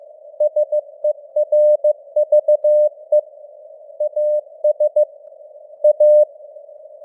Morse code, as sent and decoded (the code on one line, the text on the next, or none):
... . .-. ...- . / .- ... / .-
SERVE AS A